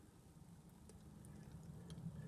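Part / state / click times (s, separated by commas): toy robot head onto brick-built body / not seated / none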